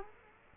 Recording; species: mosquito wingbeat signal from an infrared sensor; Culex quinquefasciatus